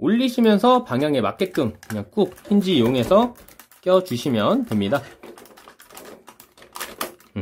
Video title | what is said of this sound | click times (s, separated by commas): Fanstoys FT-31A ROADKING (Motormaster) Review,Scale,Transform | 요런 느낌으로 딸깍 하고 껴 주시고 | 7.0 s